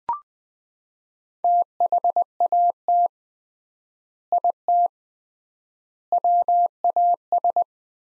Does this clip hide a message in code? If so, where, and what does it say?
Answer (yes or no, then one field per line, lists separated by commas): yes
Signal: Morse code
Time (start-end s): 1.4-7.6 s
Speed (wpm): 20 wpm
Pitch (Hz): 700 Hz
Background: none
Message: THAT IT WAS